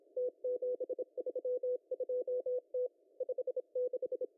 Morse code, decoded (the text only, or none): T732T 56